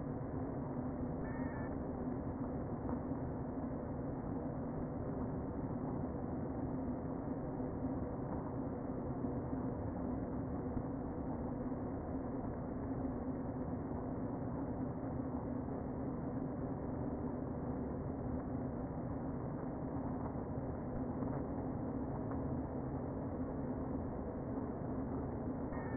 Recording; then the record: honeybee colony, microphone inside the hive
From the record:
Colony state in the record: queen present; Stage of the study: before two queens were removed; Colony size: about 60,000 bees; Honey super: yes